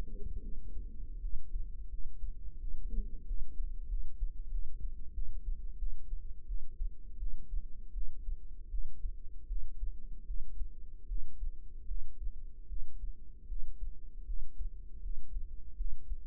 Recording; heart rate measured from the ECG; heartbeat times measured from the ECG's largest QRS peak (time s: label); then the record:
heart sounds by microphone in the right ear; 82 bpm
0.41 s: heartbeat
1.20 s: heartbeat
1.89 s: heartbeat
2.58 s: heartbeat
3.25 s: heartbeat
3.88 s: heartbeat
4.50 s: heartbeat
5.13 s: heartbeat
5.78 s: heartbeat
6.46 s: heartbeat
7.18 s: heartbeat
7.93 s: heartbeat
8.70 s: heartbeat
9.47 s: heartbeat
10.26 s: heartbeat
11.07 s: heartbeat
11.87 s: heartbeat
12.68 s: heartbeat
13.47 s: heartbeat
14.25 s: heartbeat
15.01 s: heartbeat
15.76 s: heartbeat
From the record:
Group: healthy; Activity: breath hold 0-14 s, rest 14-16 s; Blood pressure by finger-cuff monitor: 104/63 mmHg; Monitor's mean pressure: 76 mmHg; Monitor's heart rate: 78 bpm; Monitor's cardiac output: 7 L/min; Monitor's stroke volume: 89 mL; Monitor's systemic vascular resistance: 760 dyn s/cm5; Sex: female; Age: 19 years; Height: 163 cm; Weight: 48.9 kg